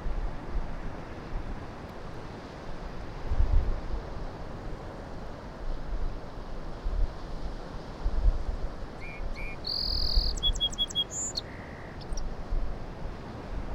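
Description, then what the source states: Song sparrow singing near the end: sharp introductory notes, a rapid high trill, then a short buzzy note, with constant crashing surf beneath. Song on Low Island; sounded different from sparrows heard around town; distant surf throughout; very light breeze with slight wind noise; handheld Sony PCM-M10.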